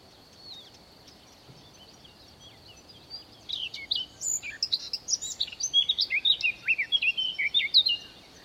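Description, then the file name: Blackcap song starting after a quiet pause: scratchy twittering notes quickening into a loud, varied warble with fluty phrases to the end. "Sylvia atricapilla"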